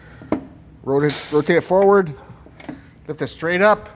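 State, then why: Released. The tour pack docking clips on a motorcycle's Trask docking kit receivers are released with a sharp click at 0.3 s, and the pack is then rotated forward to lift it off the docking kit. Someone talks throughout, with a couple of faint taps near 2.6 s and 2.7 s.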